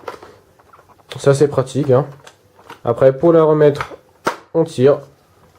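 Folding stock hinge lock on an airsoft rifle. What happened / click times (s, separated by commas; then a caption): The stock is handled but has not yet locked home / none. Someone talks while handling the folding stock of an airsoft G36C replica, pulling it back out toward its extended position where the hinge lock should latch open. A few small handling noises are heard near the start, but nothing has seated or clicked yet.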